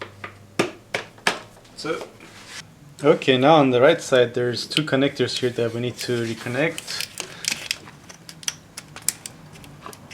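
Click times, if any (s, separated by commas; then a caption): 9.1 s. A plastic clip-on engine harness electrical connector, one of two on the right side of the engine, is pushed onto its mating plug while reconnecting wiring after a head gasket job. Someone talks over light handling clicks and taps, then a sharp snap at 9.1 s marks the connector seating in place.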